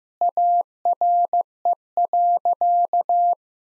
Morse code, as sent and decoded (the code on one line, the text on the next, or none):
.- .-. . .-.-.-
ARE.